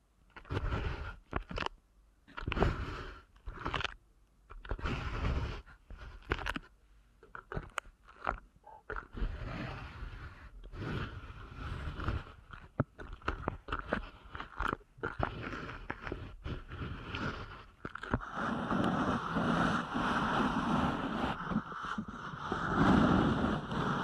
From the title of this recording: ASMR Deep Ear Canal Massage